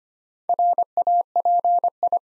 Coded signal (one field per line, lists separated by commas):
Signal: Morse code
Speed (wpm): 25 wpm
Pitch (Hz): 700 Hz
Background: none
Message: RAPI